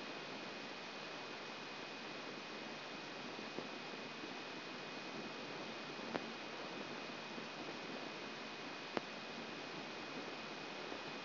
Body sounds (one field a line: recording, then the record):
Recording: brain microelectrode recording played as sound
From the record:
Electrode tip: outside the subthalamic nucleus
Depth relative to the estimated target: 4 mm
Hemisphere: left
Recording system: AlphaMap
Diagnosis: Parkinson's disease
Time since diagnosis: 7 years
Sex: female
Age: 56 years